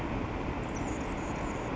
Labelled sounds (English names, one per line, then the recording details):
Anna's Hummingbird
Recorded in Sonoma County, California